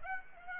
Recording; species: mosquito wingbeat signal from an infrared sensor; Aedes aegypti